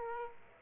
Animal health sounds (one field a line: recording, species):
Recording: mosquito wingbeat signal from an infrared sensor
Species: Aedes aegypti